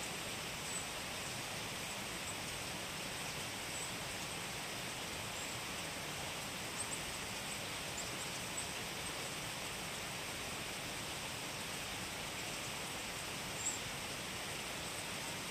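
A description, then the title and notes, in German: A brook rushes steadily past ice in cold weather, a dense, even hiss of water with faint higher trickles and occasional soft clicks. Binaural recording. Das Wetter ist eisig kalt und der Bach ist umrandet von dicken Eiszapfen.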